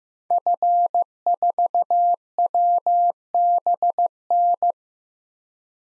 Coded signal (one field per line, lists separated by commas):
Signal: Morse code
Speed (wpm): 15 wpm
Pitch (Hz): 700 Hz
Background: none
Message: F4WBN